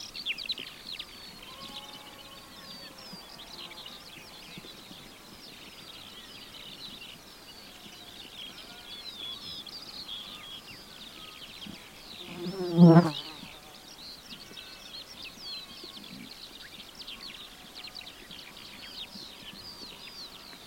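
Skylark song streams on without a break, a dense, bright warbling of fast trills and chirps hanging high overhead. Near the middle, around thirteen seconds, a lamb lets out one loud bleat, and faint bleats and a low outdoor rumble sit underneath.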